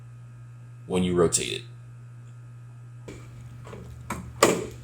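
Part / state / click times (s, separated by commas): swivel seat on the scooter seat post / seated / 4.4 s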